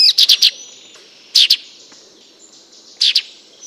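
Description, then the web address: Sultan tit calls: three bursts of sharp, chirpy notes, the first of several notes and the others of two, separated by short pauses over background noise. "wroblowe ptaki melanochlora sultanea. wroblowe ptaki paridae"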